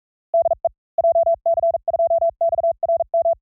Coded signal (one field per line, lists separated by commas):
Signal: Morse code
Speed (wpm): 44 wpm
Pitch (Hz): 660 Hz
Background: none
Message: DE JC2XRM